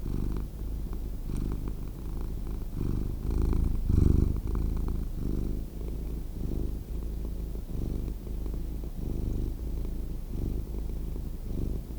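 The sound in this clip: Cat purring, a steady low rumble pulsing in long inhale and exhale phases, with brief gaps between breaths.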